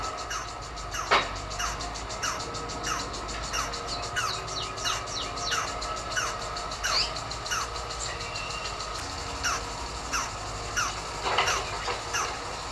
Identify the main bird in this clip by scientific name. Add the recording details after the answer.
Trachyphonus erythrocephalus. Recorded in captivity. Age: adult. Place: Zoo Berlin, Berlin, DE. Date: 1997-08-19 12:54. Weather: fair, 26-28°C. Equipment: Marantz CP 130, Mikro CE, Kopie Uher 4000 Report Monitor. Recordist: Tembrock, Günter. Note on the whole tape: Rufreihen